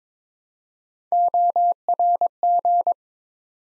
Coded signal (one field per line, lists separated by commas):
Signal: Morse code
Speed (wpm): 22 wpm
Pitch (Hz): 700 Hz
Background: none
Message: ORG